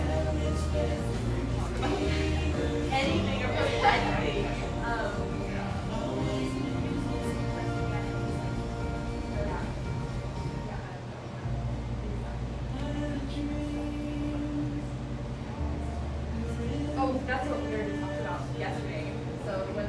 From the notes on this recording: café sounds from a little drip coffee joint in eastern Seattle